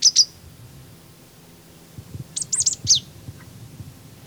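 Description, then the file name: Marsh tit calls: two sharp high notes, a pause, then a quick cluster of high notes ending in a descending note. "Poecile palustris"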